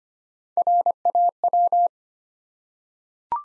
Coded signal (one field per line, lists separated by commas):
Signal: Morse code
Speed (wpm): 25 wpm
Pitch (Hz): 700 Hz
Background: none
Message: RAW